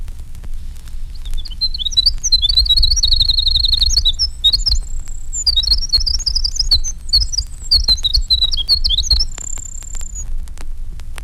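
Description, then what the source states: Winter wren song: a long, rapid, high tinkling stream of trills and quick couplets, with a sustained whistled note near the end. Song with silvery cadences, couplets and trills, weaker and higher; longer but less varied than Bewick's wren song.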